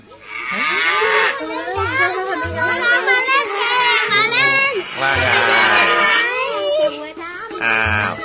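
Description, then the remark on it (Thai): A black cow walking about in a village moos loudly several times in long, drawn-out, wavering calls that rise and fall in pitch, with short pauses between them and some voices mingling in the background. “พวกเด็กเองก็รักวัวดำด้วยเช่นกันเวลาที่วัวดำมาเดินเล่นอยู่ในหมู่บ้านพวกเด็กๆก็จะชวนกันมารุมล้อมและเล่นกับวัวดำ”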